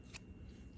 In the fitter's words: And then you push it till it pops out.